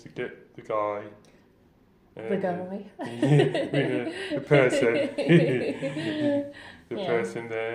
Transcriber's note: laughter